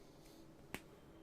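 An internal part is pressed into the housing of a Makita DTD134 cordless impact driver during its reassembly. It gives a single sharp snap at 0.7 s over quiet background, and the part is confirmed seated in place.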